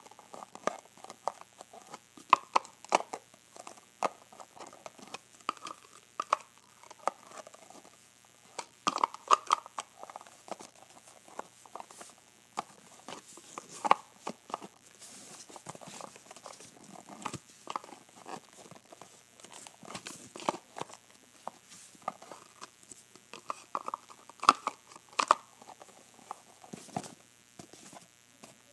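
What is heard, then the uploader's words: A jewelry box is handled, opened and closed, with frequent sharp clicks, taps and rattles scattered irregularly throughout, some louder knocks near 2, 9, 15 and 25 seconds. Opening and Closing my Box of Jewelry.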